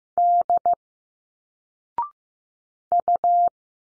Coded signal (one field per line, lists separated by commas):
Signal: Morse code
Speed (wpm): 15 wpm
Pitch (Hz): 700 Hz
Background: none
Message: D U